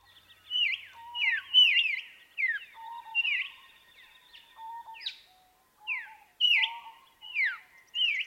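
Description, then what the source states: White-plumed Honeyeater song: lively phrases of falling whistled notes, with lower flat whistles beneath, delivered in bursts with short gaps between. Regional song dialect from inland South Australia, about 400 km west of New South Wales birds; the song phrase is subtly but noticeably different.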